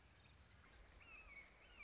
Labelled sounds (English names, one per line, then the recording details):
Red-shouldered Hawk
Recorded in Sonoma County, California